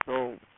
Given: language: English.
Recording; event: throat vibration sensor signal played as sound; speech